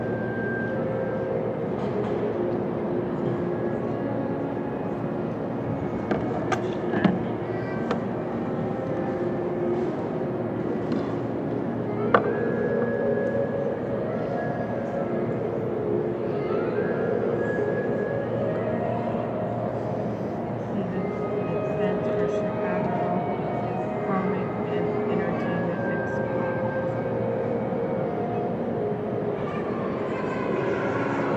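A steady wash of crowd murmur and low rumble fills the main hall at Union Station in Chicago, even in level throughout. Sharp clanks or knocks stand out near seven and twelve seconds, with scattered fainter clatters and voices through the rest.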